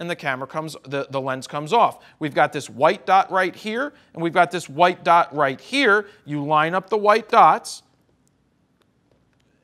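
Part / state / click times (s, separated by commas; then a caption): interchangeable lens onto DSLR camera body mount / not seated / none. Someone talks while lining up the white dot on an interchangeable lens with the white dot on the body mount of a Nikon D500 DSLR, then sets the lens onto the mount. After the talking stops at about 7.8 s, faint light metal and plastic knocks come at about 8.3, 8.8, 9.1, 9.3 and 9.4 s. The lens has not been twisted to lock, and nothing has clicked yet.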